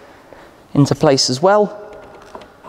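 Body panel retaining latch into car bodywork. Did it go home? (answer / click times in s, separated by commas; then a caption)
no / none. A body panel retaining latch is handled on the second side of a Lamborghini Huracan STO, being brought back into place in the car bodywork. Someone talks over a quiet background, with a soft bump near 0.3 s and a brief faint tick at about 2.4 s. Nothing has seated or clicked yet by the end of the clip.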